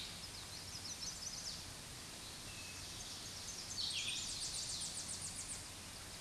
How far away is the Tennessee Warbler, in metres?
about 50 m